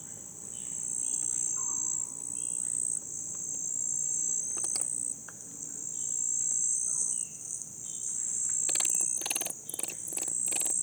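Floodplain insects, likely crickets, keep up a dense, steady high trill for the whole stretch. A few faint bird calls break through near the start and middle, and a burst of sharp clicks and rattles comes around nine to ten seconds over a low rumble.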